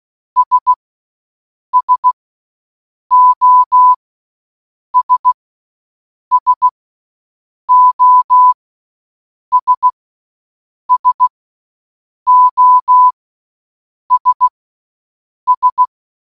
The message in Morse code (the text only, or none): S SOS SOS SOS S